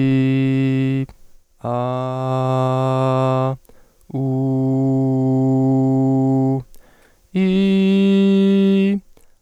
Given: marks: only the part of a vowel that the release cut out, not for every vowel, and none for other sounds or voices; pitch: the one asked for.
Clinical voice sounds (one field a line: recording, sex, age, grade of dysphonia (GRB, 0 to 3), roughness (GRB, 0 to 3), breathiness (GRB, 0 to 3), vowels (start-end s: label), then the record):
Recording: sustained vowels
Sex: male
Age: 30 to 39 years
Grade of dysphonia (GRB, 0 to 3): 0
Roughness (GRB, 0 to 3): 0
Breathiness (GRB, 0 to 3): 0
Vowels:
0.00-0.91 s: vowel /i/, normal pitch
2.37-3.45 s: vowel /a/, normal pitch
5.29-6.47 s: vowel /u/, normal pitch
7.57-8.83 s: vowel /i/, high pitch
From the record:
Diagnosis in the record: hyperfunctional dysphonia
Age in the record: 32 years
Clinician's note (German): Bei ausgebildeter Gesangsstimme